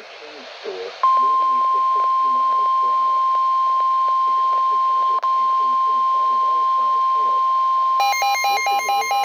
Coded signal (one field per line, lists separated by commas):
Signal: Emergency Alert System (SAME) tones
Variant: 1050 Hz attention tone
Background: speech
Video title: HAPPY NEW YEAR. HAVE SOME WARNINGS. (EAS#77-94)(Eas Compilation as of 1/1/22)